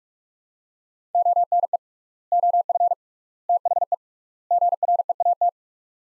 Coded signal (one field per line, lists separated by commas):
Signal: Morse code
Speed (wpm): 41 wpm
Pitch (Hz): 700 Hz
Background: none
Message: ONE OF THE GREAT